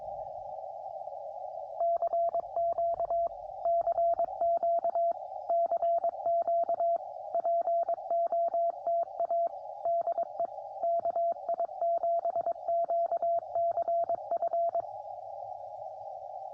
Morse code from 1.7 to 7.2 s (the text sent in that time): CQ CQ CQ